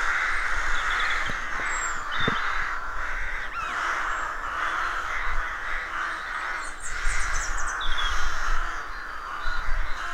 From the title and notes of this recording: The stirring cacophony of a rook colony. We wandering in deeply rural County Armagh. It's early spring and the rooks rule the woodlands. Nesting close together in the canopies of a dozen roadside trees, the birds create a bustling city of more than 300 birds. Pairs greet each other and squabble with neighbours. Recorded by Fergus Collins.